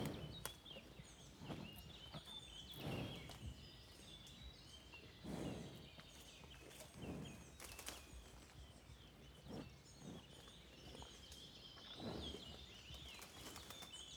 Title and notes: Jolie Marais, 85420 Le Mazeau, France - A TAAAABLE DANS LES MARAIS. REPAS DE VACHE. EXTJ_VACHE MANGE ET SOUFFLE_MARAIS POITEVIN_09H20. En grande proximité, repas d'une vache dans les Marais. Curieuse, son souffle en proximité est fort chaleureux